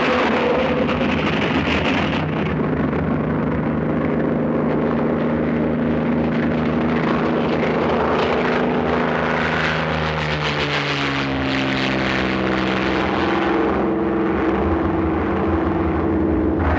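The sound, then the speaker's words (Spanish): A small propeller plane's engine drones loudly and steadily on a landing strip, its buzzing tone climbing in pitch as it revs up for takeoff, with no voices present. “Cuando llegan, la avioneta está despegando.”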